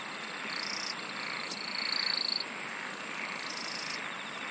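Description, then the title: Insect song: high ringing trills of varied pitch in overlapping bursts, rising and falling in loudness, over a steady insect chorus. "SINGING OF INSECTS"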